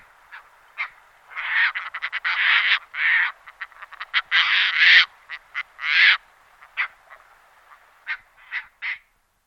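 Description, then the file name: Caspian tern: harsh, rasping calls, a few short notes, then a dense run of longer grating calls in the middle, then sparse short calls toward the end. "rybák-velkozobý"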